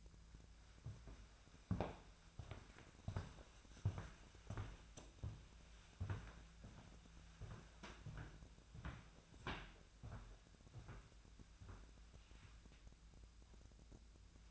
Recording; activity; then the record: daily activity, microphone in the room; walk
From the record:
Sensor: 2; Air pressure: 1008.3 hPa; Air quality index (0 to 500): 179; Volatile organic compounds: 10 ppm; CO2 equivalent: 2211 ppm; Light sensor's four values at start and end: 15/36/15/16 and 15/36/15/16